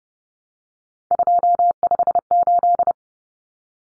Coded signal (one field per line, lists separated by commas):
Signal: Morse code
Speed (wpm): 30 wpm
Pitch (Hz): 700 Hz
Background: none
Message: 258